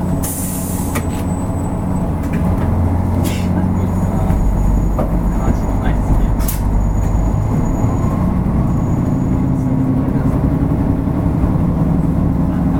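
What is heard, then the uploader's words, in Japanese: Inside a diesel railcar on a local train, a steady low engine rumble and droning tones persist, with occasional sharp clanks and faint speech. JRキハ31系 若松から折尾まで。JR九州の31系気動車の走行音です。若松線の普通列車にて収録しました。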